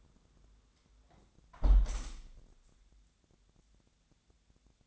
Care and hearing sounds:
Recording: daily activity, microphone in the room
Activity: close window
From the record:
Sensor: 3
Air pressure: 1000.4 hPa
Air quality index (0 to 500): 137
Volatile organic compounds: 2 ppm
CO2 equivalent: 1192 ppm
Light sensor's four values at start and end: 14/37/15/16 and 13/36/14/16

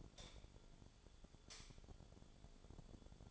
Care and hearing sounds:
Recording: daily activity, microphone in the room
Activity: light on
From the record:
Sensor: 5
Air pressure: 1010.0 hPa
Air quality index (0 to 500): 158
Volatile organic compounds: 4 ppm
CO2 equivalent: 1543 ppm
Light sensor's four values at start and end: 199/505/209/224 and 200/507/209/225

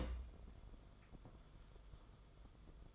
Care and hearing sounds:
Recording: daily activity, microphone in the room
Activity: place on stove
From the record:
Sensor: 5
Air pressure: 994.5 hPa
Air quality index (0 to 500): 188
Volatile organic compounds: 1000 ppm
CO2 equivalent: 5517 ppm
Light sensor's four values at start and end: 43/130/51/56 and 44/133/52/57

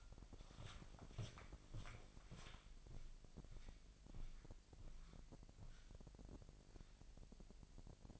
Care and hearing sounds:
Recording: daily activity, microphone in the room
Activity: walk to room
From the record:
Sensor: 5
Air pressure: 1002.1 hPa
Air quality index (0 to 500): 248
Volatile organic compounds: 7 ppm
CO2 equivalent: 2003 ppm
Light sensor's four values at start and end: 34/80/33/35 and 35/82/33/35

